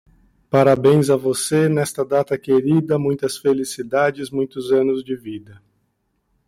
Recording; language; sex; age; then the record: short text; Brazilian Portuguese; male; 40 to 49 years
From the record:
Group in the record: control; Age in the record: 46 years